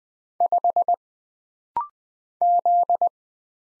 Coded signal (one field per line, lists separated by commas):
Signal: Morse code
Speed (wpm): 20 wpm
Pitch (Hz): 700 Hz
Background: none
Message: 5 Z